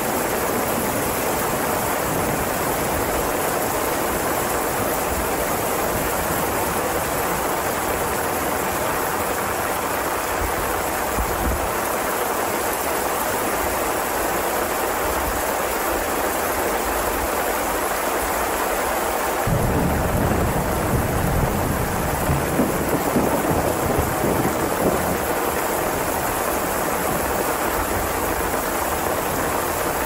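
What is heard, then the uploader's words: Steady, dense rain hisses throughout, with a low rumble of thunder swelling and growing louder from about twenty seconds onward. Sounds of rain and thunder.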